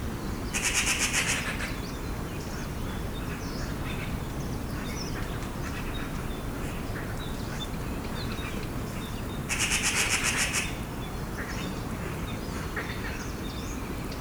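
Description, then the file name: Eurasian magpie chatter: two loud, harsh machine-gun rattles about nine seconds apart, over steady low background noise. "Pica pica"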